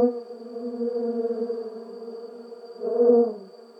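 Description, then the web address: Bee buzzing with a steady low hum that holds, then swells louder near the end before fading, over a faint constant high tone. Recorded in a garden. "WSPDatabase Analysis DVD Garden Bee"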